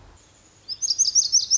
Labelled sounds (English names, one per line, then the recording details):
Lazuli Bunting
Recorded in Sonoma County, California